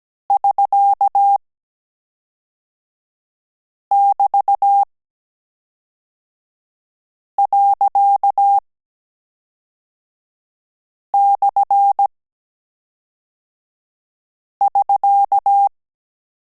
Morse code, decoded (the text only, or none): <SK><BT>./<SK>